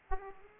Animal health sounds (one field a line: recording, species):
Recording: mosquito wingbeat signal from an infrared sensor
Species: Aedes aegypti